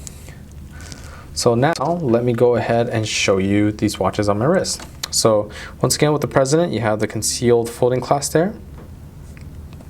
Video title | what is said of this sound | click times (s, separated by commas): ▶ Rolex SUBMARINER two tone vs. DAY-DATE 40 yellow gold - COMPARISON | That pops open. | 9.4 s, 9.7 s